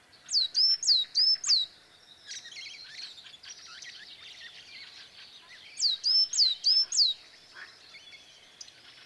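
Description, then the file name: Great tit calling in two bursts of three ringing, hooked high notes, each followed by a lower note and evenly spaced, separated by several seconds of busy, softer twittering. "Parus major"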